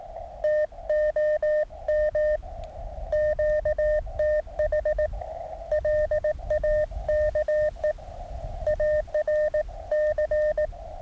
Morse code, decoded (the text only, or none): TOM QTH LAKE ARC